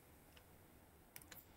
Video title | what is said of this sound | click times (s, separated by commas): Fossil Gen 6 Smartwatch Shopping Event | Just listen for the clicks. | 1.2 s, 1.3 s